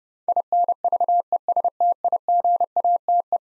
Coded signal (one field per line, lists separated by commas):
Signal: Morse code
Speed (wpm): 30 wpm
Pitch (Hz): 700 Hz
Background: none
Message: INVESTIGATE